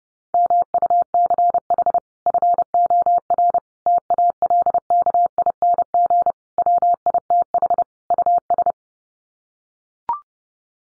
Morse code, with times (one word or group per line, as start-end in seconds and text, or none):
0.3-2.0 MUCH
2.3-3.6 FOR
3.9-6.3 TALKING
6.6-7.8 WITH
8.1-8.7 US